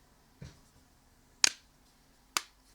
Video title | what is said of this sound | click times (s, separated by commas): Amazons "Ulanzi MT 89" Tripod - A No Bullshit And Honest Review | It all clicks, positively clicks back into place. | 1.4 s, 2.4 s